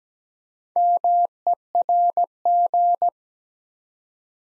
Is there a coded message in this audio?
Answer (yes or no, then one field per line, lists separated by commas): yes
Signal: Morse code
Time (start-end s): 0.8-3.1 s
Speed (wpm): 17 wpm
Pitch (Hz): 700 Hz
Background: none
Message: MERG